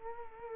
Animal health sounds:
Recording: mosquito wingbeat signal from an infrared sensor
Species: Culex quinquefasciatus

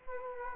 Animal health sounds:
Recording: mosquito wingbeat signal from an infrared sensor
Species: Culex quinquefasciatus

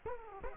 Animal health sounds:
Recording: mosquito wingbeat signal from an infrared sensor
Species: Culex quinquefasciatus

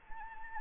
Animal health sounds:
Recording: mosquito wingbeat signal from an infrared sensor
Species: Anopheles arabiensis

